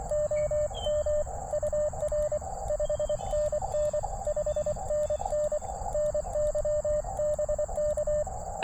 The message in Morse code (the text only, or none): OM UR 5NN 5NN NYBK